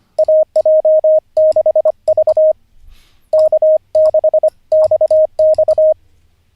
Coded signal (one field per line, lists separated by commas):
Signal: Morse code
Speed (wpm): 25 wpm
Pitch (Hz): 620 Hz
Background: none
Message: AJ6V K6XX